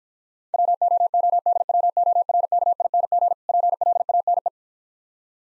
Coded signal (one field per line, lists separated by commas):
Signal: Morse code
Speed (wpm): 55 wpm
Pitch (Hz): 700 Hz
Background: none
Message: WOODWORKING PLANE